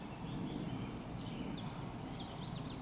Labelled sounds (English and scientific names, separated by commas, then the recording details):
Eurasian Woodcock (Scolopax rusticola)
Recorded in Baden-Württemberg, Germany, on 16 June 2020 at 19:42 UTC
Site 14569, 102 m above sea level